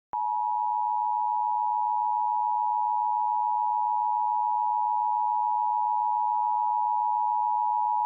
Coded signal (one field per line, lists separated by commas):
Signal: Emergency Alert System (SAME) tones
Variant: 853 and 960 Hz attention tone